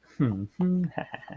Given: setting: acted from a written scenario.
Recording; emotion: vocal sound without words; pride